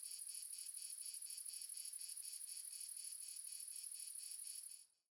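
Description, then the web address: Cricket chorus of bright, rapid pulsed chirps that hold steady, then fade quickly to silence near the end. Ambience of multiple crickets recorded in the south of France. "Sonniss GDC 2017 Game Audio Bundle Red Sonic - Crickets and Frogs amb crickets multiple south france"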